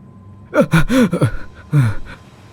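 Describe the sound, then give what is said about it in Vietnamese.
A man's startled, breathy cry as he wakes in fright from a nightmare and sits up: a wavering voiced outburst lasting under a second, then a brief pause and a shorter, lower second gasp-cry. “Thành la lên một tiếng, cho giật mình ngồi dậy.”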